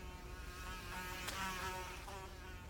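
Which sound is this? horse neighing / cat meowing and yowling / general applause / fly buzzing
fly buzzing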